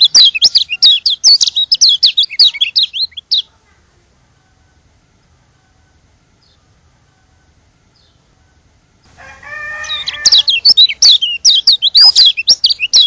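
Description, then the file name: White-eye twittering song in two bursts of rapid high chirps separated by a long pause; lower, harsher calls join as the second burst begins. From Lombok. "burung kecial lombok"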